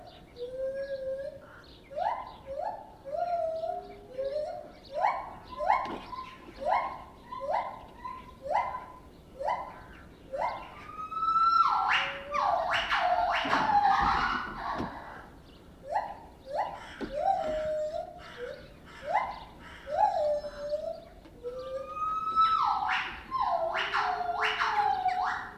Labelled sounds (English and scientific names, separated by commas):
Lar Gibbon (Hylobates lar)